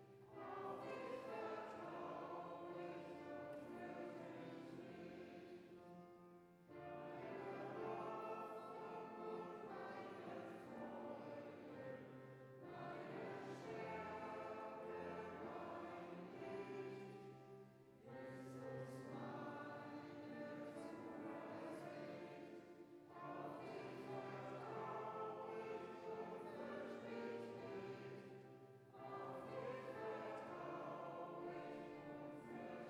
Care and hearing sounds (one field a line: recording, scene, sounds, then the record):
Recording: everyday scene through a hearing-aid microphone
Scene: reverberant space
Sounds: music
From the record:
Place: church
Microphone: behind the ear, left, rear